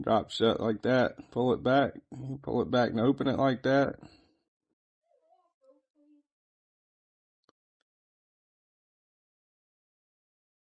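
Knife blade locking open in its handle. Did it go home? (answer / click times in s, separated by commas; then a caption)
yes / 7.5 s. Someone talks, then the lock on a Demko Knives AD-20.5 folding pocket knife is pulled back and its steel blade is swung open. The lock engages with a single sharp click at 7.5 s, locking the blade open in its handle.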